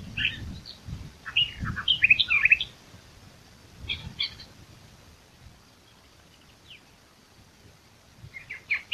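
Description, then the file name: Eastern Orphean Warbler song, fairly faint: a short burst of varied chirpy notes, a brief fragment near four seconds, and another phrase starting at the end. "sylvia crassirostris song"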